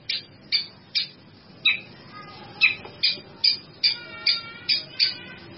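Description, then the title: Bird calls: sharp, high chip notes given singly in a loose series, with faint lower notes between them. "burung"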